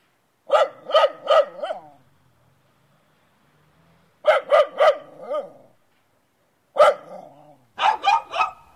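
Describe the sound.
Dog barking in short bursts of one to four sharp barks, the first two separated by a pause of a couple of seconds, with the last bursts coming close together.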